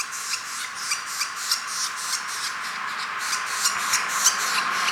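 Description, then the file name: Northern flicker nestling begging: a steady run of raspy, hissing pulses, about three a second, with a few sharper squeaks mixed in. Nestling, calling while being fed. "Northern Flicker Nestling Calling and Feeding"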